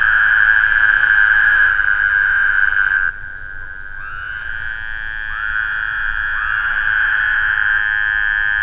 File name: bwoodhousii